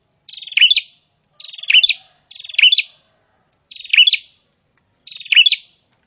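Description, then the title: Prinia song: five buzzy rattling phrases, each finishing with bright sharp notes, spaced irregularly over a few seconds. Prinia singing actively (gacor). "Prenjak gacor"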